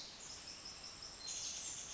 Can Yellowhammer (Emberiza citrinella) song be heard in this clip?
no